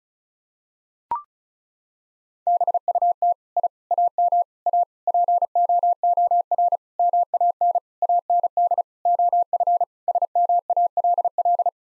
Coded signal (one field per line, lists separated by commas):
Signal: Morse code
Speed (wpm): 34 wpm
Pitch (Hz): 700 Hz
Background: none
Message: BUT I AM A POOR MAN AND OF SMALL